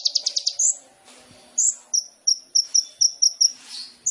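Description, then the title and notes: Sunbird giving a brief quick trill, then slurred notes and a steady series of clipped high chips. Indonesian masteran songbird training recording of a gacor (actively singing) kolibri ninja, full of isian (fill notes) and tembakan (bursts), intended as a lure (pancingan). "MASTERAN KOLIBRI NINJA TERBAIK FULL ISIAN DAN TEMBAKAN MEWAH COCOK BUAT PANCINGAN. Suara Burung Kolibri Ninja Gacor"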